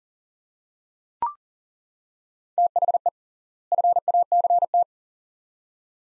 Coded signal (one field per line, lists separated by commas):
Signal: Morse code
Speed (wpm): 39 wpm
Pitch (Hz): 700 Hz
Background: none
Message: THE FACT